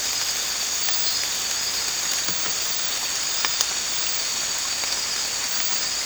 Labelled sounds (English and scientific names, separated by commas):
none